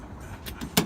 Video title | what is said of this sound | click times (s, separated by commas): 1997 Toyota Tacoma Windshield Weather Strip Replacement | you'll hear a click when it's in place there's the click | 0.8 s